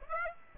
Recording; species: mosquito wingbeat signal from an infrared sensor; Aedes aegypti